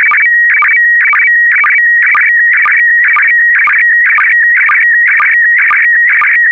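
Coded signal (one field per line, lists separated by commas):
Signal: SSTV (slow-scan television)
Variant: PD120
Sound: warbling, buzzing tones with steady hums and regular short low chirps twice a second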